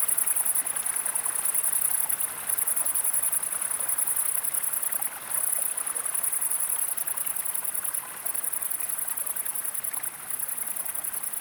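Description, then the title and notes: Upland green bush-cricket song: a continuous high, hissing buzz with brief dropouts, over the steady rush of a flowing stream. Single foreground singer beside a stream; 20 August 2018, about 19:00–19:30, 1200 m altitude, Drôme, France; windless, stormy cloudy sky, 20–22 °C; jerky crescendo rhythm; Nagra Seven recorder, MKH40 microphone. "Le Villard - Val Maravel. Sauterelle cymbalière"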